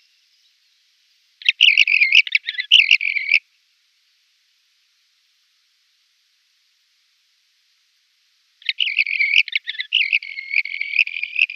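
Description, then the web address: Red-rumped wheatear giving two bursts of harsh, buzzy, chattering song, the first about two seconds long and the second about three seconds and still going at the end, separated by a long silence. "Schulze Peter Red-rumped Wheatear song"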